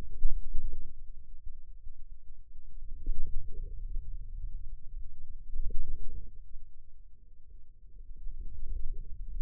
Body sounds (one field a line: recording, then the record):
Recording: forearm muscle sounds (acoustic myography)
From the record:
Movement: hand opening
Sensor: system 2, bracelet of six BSWA MPA416 microphones around the upper forearm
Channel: 2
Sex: male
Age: 22 years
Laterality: right